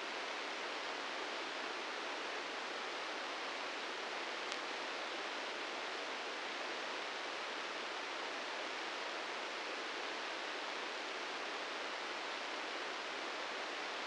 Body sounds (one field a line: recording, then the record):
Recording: brain microelectrode recording played as sound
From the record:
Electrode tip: inside the subthalamic nucleus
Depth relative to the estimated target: -5 mm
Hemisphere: left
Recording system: NeuroSet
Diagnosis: Parkinson's disease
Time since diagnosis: 13 years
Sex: male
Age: 66 years